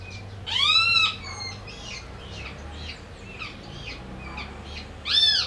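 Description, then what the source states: Great kiskadee calls: a loud harsh arched call with bright harmonics near the start and another at the end, with thinner chattering notes between. A pair feeding a chick.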